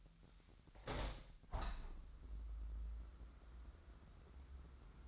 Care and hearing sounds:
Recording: daily activity, microphone in the room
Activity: open window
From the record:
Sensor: 3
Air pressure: 998.5 hPa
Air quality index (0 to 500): 140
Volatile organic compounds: 4 ppm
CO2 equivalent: 1680 ppm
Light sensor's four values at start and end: 8/20/8/9 and 9/21/9/9

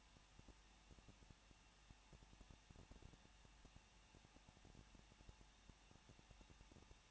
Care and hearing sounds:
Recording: daily activity, microphone in the room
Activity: no activity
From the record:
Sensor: 1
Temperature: 20.1 degrees Celsius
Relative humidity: 39.0%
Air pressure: 1006.6 hPa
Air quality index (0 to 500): 216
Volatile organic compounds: 71 ppm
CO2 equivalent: 3529 ppm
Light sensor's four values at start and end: 1/2/1/1 and 1/2/1/1

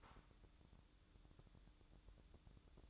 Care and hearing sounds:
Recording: daily activity, microphone in the room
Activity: take from stove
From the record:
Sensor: 3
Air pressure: 1008.0 hPa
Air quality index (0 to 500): 116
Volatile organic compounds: 1 ppm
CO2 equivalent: 965 ppm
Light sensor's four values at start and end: 8/20/8/8 and 8/20/8/8

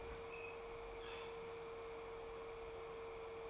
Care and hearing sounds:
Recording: daily activity, microphone in the room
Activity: open fridge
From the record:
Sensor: 1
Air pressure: 1015.0 hPa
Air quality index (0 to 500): 194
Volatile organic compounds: 22 ppm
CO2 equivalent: 2750 ppm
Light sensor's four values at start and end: 29/72/30/36 and 23/58/24/29

